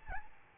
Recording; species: mosquito wingbeat signal from an infrared sensor; Aedes albopictus